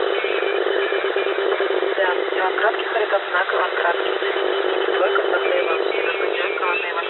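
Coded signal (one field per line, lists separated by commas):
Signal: coded military voice message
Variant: The Pip, Russian voice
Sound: a male voice reading Russian code groups over noisy shortwave radio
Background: radio static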